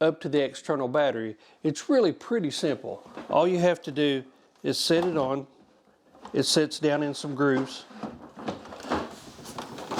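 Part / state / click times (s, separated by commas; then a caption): external battery pack latching onto a portable air conditioner unit / not seated / none. Someone talks while an EcoFlow Wave 2 portable air conditioner is set down into the grooves of its external battery pack. A few short, light knocks of handling follow near the end. The unit has not yet been slid forward, and nothing has clicked or locked into place yet.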